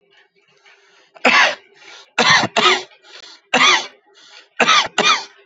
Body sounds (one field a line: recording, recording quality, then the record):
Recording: heavy voluntary cough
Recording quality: excellent, no background noise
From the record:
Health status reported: COVID-19 positive, moderate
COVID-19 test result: positive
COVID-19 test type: RT-PCR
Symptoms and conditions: cough, cold, fever, fatigue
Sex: male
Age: 35 years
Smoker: no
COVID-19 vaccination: both doses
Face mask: not worn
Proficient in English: yes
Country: India